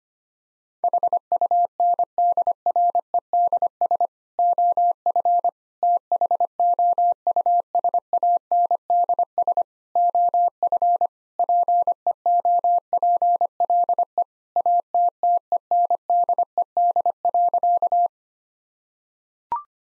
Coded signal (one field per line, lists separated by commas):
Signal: Morse code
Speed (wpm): 25 wpm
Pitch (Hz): 700 Hz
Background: none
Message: HUNDREDS OF THOUSANDS OF PEOPLE ATTENDED.